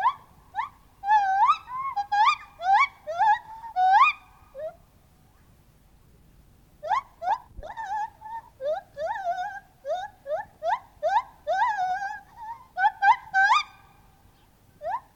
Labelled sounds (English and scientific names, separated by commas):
Lar Gibbon (Hylobates lar)